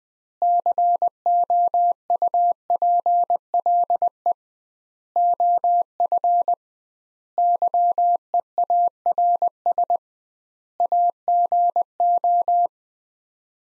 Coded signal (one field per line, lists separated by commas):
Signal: Morse code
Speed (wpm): 20 wpm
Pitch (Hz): 700 Hz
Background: none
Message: COUPLE OF YEARS AGO